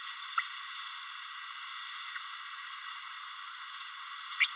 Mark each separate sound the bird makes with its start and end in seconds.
0.37-0.41, 4.40-4.46